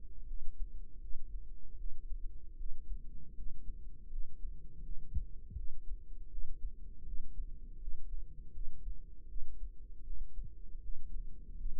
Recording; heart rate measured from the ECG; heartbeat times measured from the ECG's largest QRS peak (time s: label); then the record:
heart sounds by microphone in the right ear; 80 bpm
0.25 s: heartbeat
0.99 s: heartbeat
1.76 s: heartbeat
2.56 s: heartbeat
3.34 s: heartbeat
4.08 s: heartbeat
4.81 s: heartbeat
5.54 s: heartbeat
6.28 s: heartbeat
7.04 s: heartbeat
7.78 s: heartbeat
8.51 s: heartbeat
9.26 s: heartbeat
10.02 s: heartbeat
10.80 s: heartbeat
11.55 s: heartbeat
From the record:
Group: healthy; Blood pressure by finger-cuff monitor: 113/68 mmHg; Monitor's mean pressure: 83 mmHg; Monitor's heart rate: 80 bpm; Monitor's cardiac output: 7.8 L/min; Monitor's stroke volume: 97 mL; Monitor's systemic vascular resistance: 770 dyn s/cm5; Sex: male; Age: 33 years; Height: 179 cm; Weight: 80.4 kg